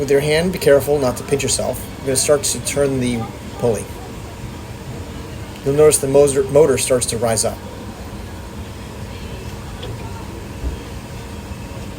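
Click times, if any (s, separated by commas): 9.8 s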